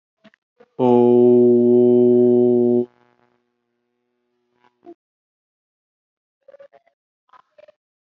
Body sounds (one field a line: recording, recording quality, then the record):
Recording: sustained vowel as in boot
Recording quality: moderate, slight background noise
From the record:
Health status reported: healthy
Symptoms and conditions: diabetes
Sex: male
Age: 38 years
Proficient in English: yes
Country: India